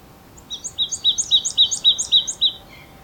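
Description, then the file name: Marsh tit calling a quick run of several sharp, paired high notes, evenly spaced and chattering, in quiet surroundings. "Poecile palustris"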